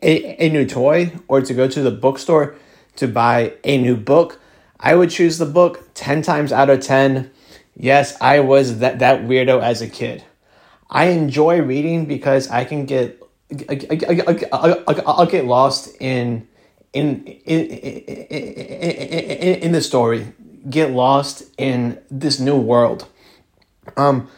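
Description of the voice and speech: Adult male from New Orleans, Louisiana, USA, who stutters, speaking about his love for reading. Stuttering is heard as prolonged sounds, repetitions of "in" and long silent blocks before words, with an "um" filler.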